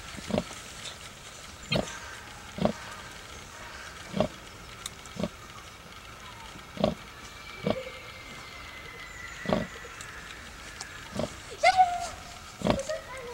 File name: Witten - Hohenstein - Wildpark - sus scrofa